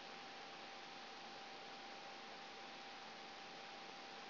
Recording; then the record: brain microelectrode recording played as sound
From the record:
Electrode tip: outside the subthalamic nucleus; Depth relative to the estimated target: -4 mm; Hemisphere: right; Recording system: AlphaMap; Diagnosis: Parkinson's disease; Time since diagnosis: 13 years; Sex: female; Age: 63 years